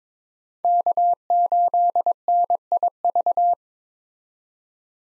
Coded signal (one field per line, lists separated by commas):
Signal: Morse code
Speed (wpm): 22 wpm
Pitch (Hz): 700 Hz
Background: none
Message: K8NIV